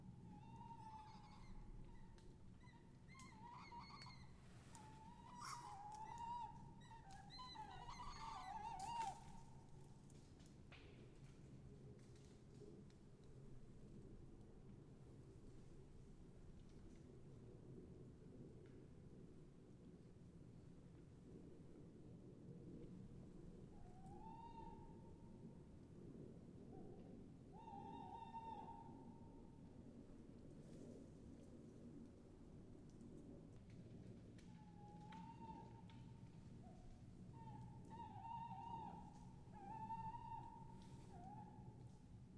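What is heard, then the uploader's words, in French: Owls call overhead in short, clear hoots, clustered in the first ten seconds, again around 25 to 30 seconds, and near the end. The calls are mid-pitched, over a steady low rumble that fills the background throughout. Chouettes au dessus de la tete.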